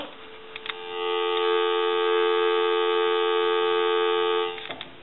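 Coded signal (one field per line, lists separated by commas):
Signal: telephone call progress tone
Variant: North America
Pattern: dial tone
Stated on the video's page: Call progress tone heard on an elephant brass telephone during initial checkout and repair.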